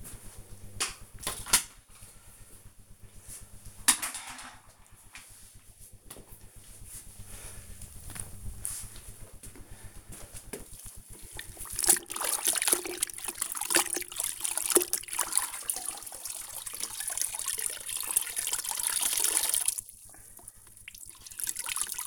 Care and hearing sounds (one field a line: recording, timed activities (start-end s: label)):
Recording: household activities, microphone on the right wrist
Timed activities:
0.23-22.07 s: floor cleaning